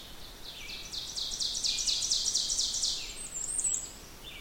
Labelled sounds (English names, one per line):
Ovenbird song